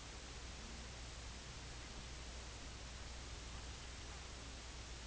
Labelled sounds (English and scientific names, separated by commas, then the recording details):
King Eider (Somateria spectabilis), unidentified sound
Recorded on Arctic tundra, site IGLO-A, on 24 June 2018
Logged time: 23:59